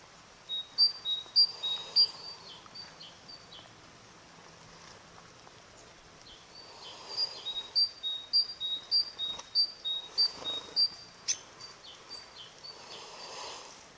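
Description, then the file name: Great tit giving two bouts of repeated high see-saw two-note phrases, quick and even, separated by a few seconds of quiet background hiss. "Parus major"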